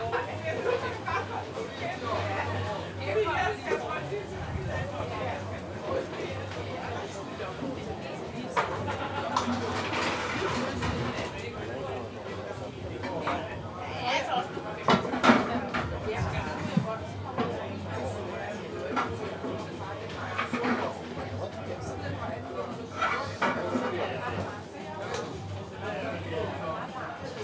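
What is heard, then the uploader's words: A busy shopping street with people talking, a steady babble of voices, with no pauses. A low hum runs underneath, and brief louder clatters and knocks break through around 10 and 15 seconds. Shopping the Streets of Europe.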